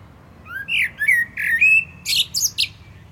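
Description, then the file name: Common blackbird singing a mellow warbled phrase of several fluty notes, ending in a burst of high, scratchy twitters. "Turdus merula"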